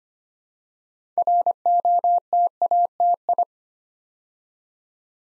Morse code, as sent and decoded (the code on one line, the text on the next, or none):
.-. --- - .- - ..
ROTATI